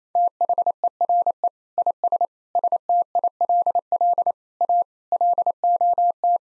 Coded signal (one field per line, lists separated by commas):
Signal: Morse code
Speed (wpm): 28 wpm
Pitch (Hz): 700 Hz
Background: none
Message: THERE IS STILL A LOT